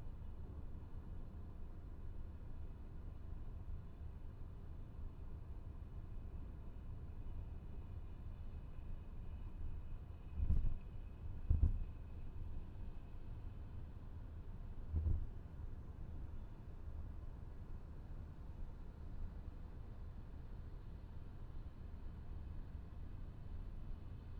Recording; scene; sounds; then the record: everyday scene through a hearing-aid microphone; in a vehicle; engine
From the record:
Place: VW T5 Caravelle, diesel engine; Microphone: behind the ear, left, rear